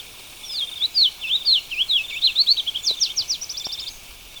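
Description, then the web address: Black-lored yellowthroat song of varied high slurred chirps, ending in a brisk run of repeated sharp notes. Recorded in Ecuador. "Birds of Ecuador. Black-lored Yellowthroat"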